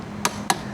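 A torque wrench set to 49 is pulled on the CVT clutch holder nut of a Honda ADV 160 until it clicks at the setting. A sharp, bright click is heard at 0.3 s, followed by two more similar sharp clicks at about 0.5 s and 0.7 s over a low steady background. The wrench has reached its set torque value.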